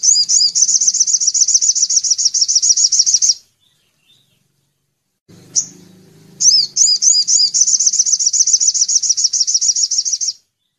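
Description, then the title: Little spiderhunter song: high, rapid repeated chips in a sustained series, a pause with a low hum and one sharp note, then the chipping series resumes. Training song for cage songbirds. "Masteran Burung Sogok Ontong Labaik"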